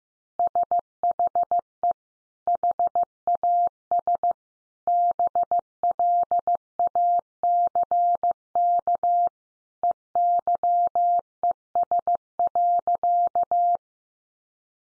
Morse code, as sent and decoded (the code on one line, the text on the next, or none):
... .... . / .... .- ... / -... .-.. .- -.-. -.- / . -.-- . ... .-.-.-
SHE HAS BLACK EYES.